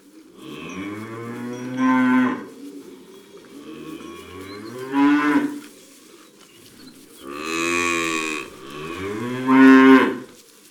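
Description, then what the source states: Cows mooing, four long, deep lowing calls that swell and fade, with short quiet gaps between them. Several cows.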